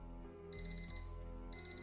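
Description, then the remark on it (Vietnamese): A phone alarm rings at midnight in two bursts of rapid, high-pitched electronic beeps, separated by a short pause, over a steady low hum, waking a sleeping person. “12 giờ đêm, tiếng chuông báo thức từ điện thoại vang lên”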